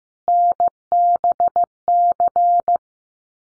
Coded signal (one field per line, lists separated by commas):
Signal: Morse code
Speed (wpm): 15 wpm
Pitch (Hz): 700 Hz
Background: none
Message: NBC